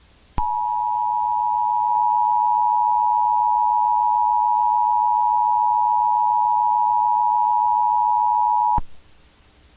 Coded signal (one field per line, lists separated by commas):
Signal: Emergency Alert System (SAME) tones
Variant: 853 and 960 Hz attention tone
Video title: EAS scenario: Insane Mickey (EAS scenario)